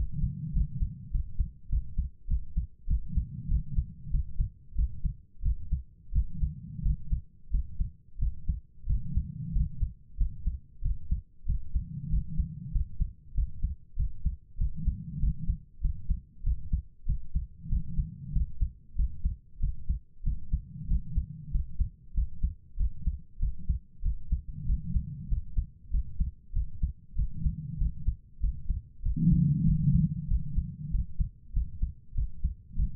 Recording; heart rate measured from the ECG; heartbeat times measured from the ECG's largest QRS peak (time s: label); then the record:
heart sounds by stethoscope; 95 bpm
0.52 s: heartbeat
1.10 s: heartbeat
1.68 s: heartbeat
2.26 s: heartbeat
2.86 s: heartbeat
3.47 s: heartbeat
4.09 s: heartbeat
4.74 s: heartbeat
5.41 s: heartbeat
6.11 s: heartbeat
6.81 s: heartbeat
7.49 s: heartbeat
8.17 s: heartbeat
8.85 s: heartbeat
9.51 s: heartbeat
10.16 s: heartbeat
10.81 s: heartbeat
11.45 s: heartbeat
12.08 s: heartbeat
12.71 s: heartbeat
13.33 s: heartbeat
13.95 s: heartbeat
14.56 s: heartbeat
15.18 s: heartbeat
15.80 s: heartbeat
16.42 s: heartbeat
17.05 s: heartbeat
17.68 s: heartbeat
18.31 s: heartbeat
18.94 s: heartbeat
19.59 s: heartbeat
20.22 s: heartbeat
20.86 s: heartbeat
21.50 s: heartbeat
22.13 s: heartbeat
22.75 s: heartbeat
23.38 s: heartbeat
24.01 s: heartbeat
24.65 s: heartbeat
25.27 s: heartbeat
25.89 s: heartbeat
26.52 s: heartbeat
27.14 s: heartbeat
27.77 s: heartbeat
28.39 s: heartbeat
29.01 s: heartbeat
29.63 s: heartbeat
30.27 s: heartbeat
30.90 s: heartbeat
31.52 s: heartbeat
32.13 s: heartbeat
32.75 s: heartbeat
From the record:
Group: healthy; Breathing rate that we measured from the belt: 21 breaths a minute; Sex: female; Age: 32 years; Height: 172 cm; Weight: 71.7 kg